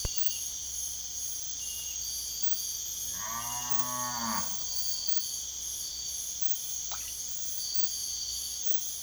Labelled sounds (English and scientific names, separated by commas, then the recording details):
none
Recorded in secondary vegetation near Puerto Asís, Putumayo, Colombia, on 22 June 2025
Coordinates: 0.488, -76.319
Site G094